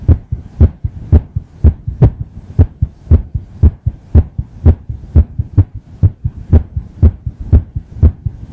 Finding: Irregular Heartbeat.